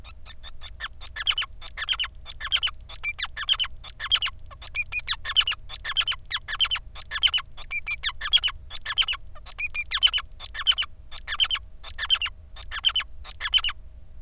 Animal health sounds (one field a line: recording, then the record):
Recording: song of a male Bengalese finch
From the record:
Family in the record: son of father 5